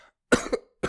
In the middle of this freaking coughing fit.